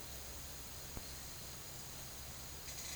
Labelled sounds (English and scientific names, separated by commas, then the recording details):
none
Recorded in secondary vegetation near Puerto Asís, Putumayo, Colombia, on 24 March 2025 at 10:30
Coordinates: 0.489, -76.322
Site G042